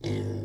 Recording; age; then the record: pig call; weaner (32 to 43 days)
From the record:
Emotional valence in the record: positive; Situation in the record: positive conditioning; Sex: female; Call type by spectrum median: low-frequency call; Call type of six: low-frequency stable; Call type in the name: low-frequency stable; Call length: 0.45 s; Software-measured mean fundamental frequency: 52 Hz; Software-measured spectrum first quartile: 121 Hz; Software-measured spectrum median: 266 Hz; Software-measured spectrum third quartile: 541 Hz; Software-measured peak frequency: 347 Hz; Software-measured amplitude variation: 114 dB a second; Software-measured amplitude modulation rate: 31.2 a second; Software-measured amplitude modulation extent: 3.7 dB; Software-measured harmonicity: -2.9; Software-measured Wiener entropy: -0.40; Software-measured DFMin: 1048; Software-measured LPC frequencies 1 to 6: 371, 2110, 3621, 4944, 5552, 6314 Hz